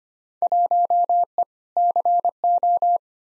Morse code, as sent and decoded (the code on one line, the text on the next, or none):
.---- . / -.-. ---
1E CO